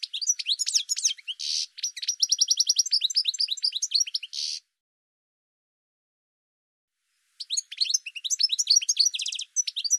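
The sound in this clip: Bird song: several seconds of rapid, high chattering trills and buzzy notes, a silent gap, then a further burst of quick twittering.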